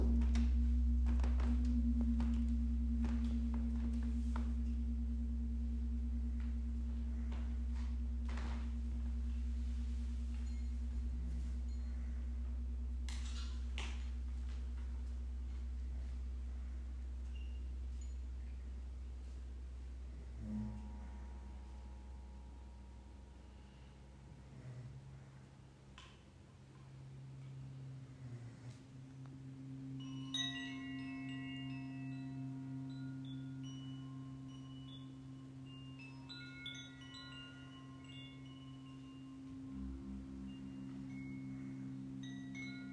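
Gongs and singing bowls hum with long, sustained low tones that shift around twenty seconds, joined later by scattered bright chimes and bells.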